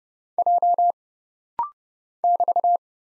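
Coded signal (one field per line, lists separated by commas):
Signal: Morse code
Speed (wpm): 31 wpm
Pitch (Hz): 700 Hz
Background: none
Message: J <BT>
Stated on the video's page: Rapid-fire Morse practice at 30 wpm of single letters, numbers, punctuation and prosigns, each sent, spoken, then sent again.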